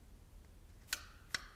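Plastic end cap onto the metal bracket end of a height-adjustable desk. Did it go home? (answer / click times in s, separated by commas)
yes / 0.9 s, 1.3 s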